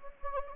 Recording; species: mosquito wingbeat signal from an infrared sensor; Anopheles gambiae